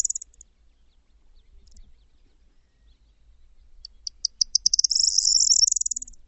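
Bird calling with a high thin trill; a brief burst opens, then spaced ticking notes speed up into a fast buzzing trill near the end.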